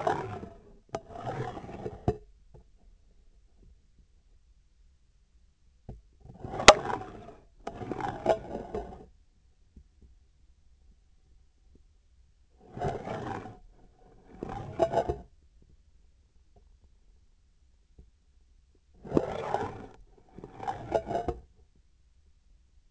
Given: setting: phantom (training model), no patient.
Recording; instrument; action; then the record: laparoscopic instrument, vibration sensor on the handle end; scissors; approaching and retracting movements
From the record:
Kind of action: spatial motion